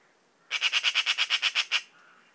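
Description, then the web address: Eurasian magpie chatter: a single loud, scratchy series of about eleven quick notes at an even pace. "szarka hangja. szarka madar"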